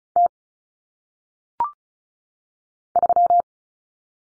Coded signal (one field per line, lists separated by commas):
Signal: Morse code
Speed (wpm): 35 wpm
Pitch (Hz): 700 Hz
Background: none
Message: T 3